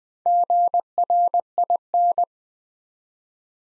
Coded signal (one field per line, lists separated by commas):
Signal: Morse code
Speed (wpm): 20 wpm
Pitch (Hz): 700 Hz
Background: none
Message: GRIN